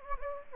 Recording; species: mosquito wingbeat signal from an infrared sensor; Anopheles gambiae